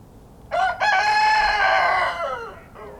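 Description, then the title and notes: Rooster crow: a brief opening syllable followed by a drawn-out, strained, ringing note that trails downward after roughly two seconds, with little else audible. Rooster in a pen at a small farmhouse in Kawcze, Śrem commune, Wielkopolskie, Poland; intense crowing; recorded with a Roland R-07. "28g, Kawcze, gmina Śrem, powiat śremski, województwo wielkopolskie, 63-100, Polska - rooster in the pen. The intense crowing of a rooster in a small farmhouse"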